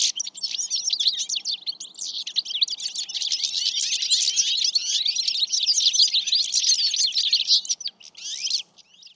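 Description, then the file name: European goldfinch twittering, a dense stream of busy tinkling chirps, then a brief pause and a short final burst. "Carduelis carduelis"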